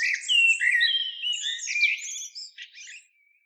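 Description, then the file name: Common blackbird singing one continuous phrase: a varied fluted warble that climbs into squeaky, buzzy high notes and fades out after about three seconds. "Turdus merula"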